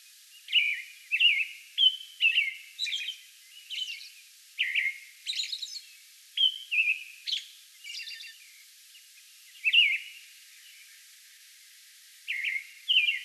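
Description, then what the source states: American robin in a series of cheery whistled phrases with thin high-pitched notes added between them, a short pause near the end. Song bout recorded on May 11.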